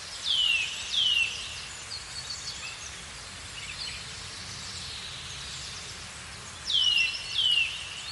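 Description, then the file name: Eurasian nuthatch calls, two downward-slurring whistles at the start and another pair near the end, separated by a quiet stretch with faint background sounds. "Sitta europaea"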